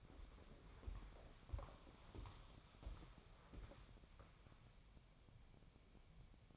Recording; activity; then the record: daily activity, microphone in the room; walk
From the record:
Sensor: 1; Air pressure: 1015.3 hPa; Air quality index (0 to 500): 128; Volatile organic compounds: 5 ppm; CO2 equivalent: 1759 ppm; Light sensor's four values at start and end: 13/31/13/14 and 11/27/11/12